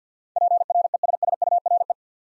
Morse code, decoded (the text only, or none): PRESSURE